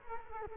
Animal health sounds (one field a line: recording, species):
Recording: mosquito wingbeat signal from an infrared sensor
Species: Culex quinquefasciatus